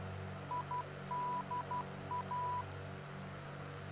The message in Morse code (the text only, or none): IDA